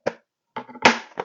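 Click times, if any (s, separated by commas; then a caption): 0.9 s. The plastic exhaust diffuser of a 10000 BTU (ASHRAE) / 6300 BTU (SACC) portable AC is pushed onto the window seal kit opening, and its four clips, two on top and two on the bottom, snap into place. A short sharp tap is followed by a pause, then scraping plastic contact from about 0.6 s. A loud snap at 0.9 s decays away before a final short tap near 1.2 s, and the diffuser is seated.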